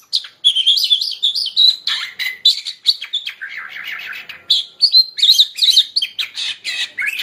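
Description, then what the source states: Bird song, a fast, varied warble of high chirps, trills and twitters running continuously with brief pauses, no other clear sounds. Compilation used for training caged songbirds (masteran).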